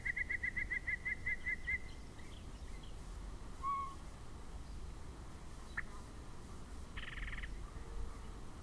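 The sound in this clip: Yellow-breasted chat song opening with a quick run of piping whistles, then a lone whistled note, a sharp click, a harsh buzzy burst and a low soft note amid hiss.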